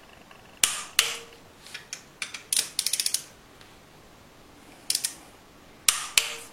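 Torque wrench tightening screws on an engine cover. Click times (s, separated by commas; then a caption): 0.6 s, 5.9 s. A torque wrench set to 11 Nm gives the final tightening to the screws on an engine cover, with light ratcheting ticks between two sharp paired clicks. The wrench breaks over at its set torque with clicks at 0.6 s and 5.9 s, each followed by a second click about 0.3 s later.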